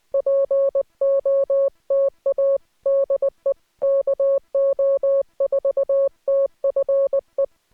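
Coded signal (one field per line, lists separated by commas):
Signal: Morse code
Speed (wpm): 19 wpm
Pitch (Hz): 560 Hz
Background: music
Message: POTA DE KO4TFE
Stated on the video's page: Morse head-copy practice recorded during a Parks on the Air activation, with no talking or background noise.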